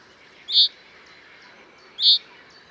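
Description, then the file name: Common chaffinch giving short, sharp high calls, two clear notes about one and a half seconds apart, over a faint steady background hiss. "Fringilla coelebs"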